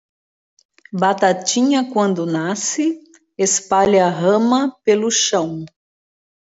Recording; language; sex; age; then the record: short text; Brazilian Portuguese; female; 50 to 59 years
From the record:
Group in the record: control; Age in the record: 58 years